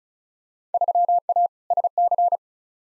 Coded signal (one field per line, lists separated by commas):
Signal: Morse code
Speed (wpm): 34 wpm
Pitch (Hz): 700 Hz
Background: none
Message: 3A SC